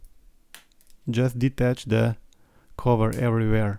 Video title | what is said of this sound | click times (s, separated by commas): Samsung Galaxy A41 - How to replace BATTERY | you just go around and you have to hear the clicking everywhere and | 0.5 s, 0.8 s, 0.9 s